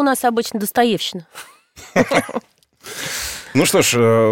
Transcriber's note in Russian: Смеются